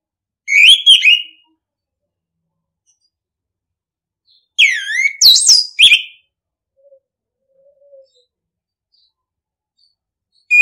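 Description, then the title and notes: Orange-headed thrush song in loud bursts: a short whistled phrase, then a longer series of swooping, sliding notes, with a few soft faint notes between. Masteran (training) song in the ngeplong style. "ANIS KEMBANG NGEPLONG. Masteran Anis Kembang"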